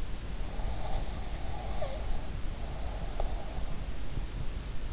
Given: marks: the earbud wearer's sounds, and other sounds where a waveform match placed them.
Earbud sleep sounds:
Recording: sounds in sleep by an in-ear microphone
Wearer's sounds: breath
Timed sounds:
0.63-3.80 s: breath

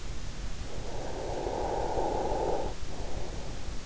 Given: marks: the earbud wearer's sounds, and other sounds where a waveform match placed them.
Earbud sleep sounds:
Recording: sounds in sleep by an in-ear microphone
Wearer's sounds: snoring breath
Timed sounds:
0.73-3.27 s: snoring breath

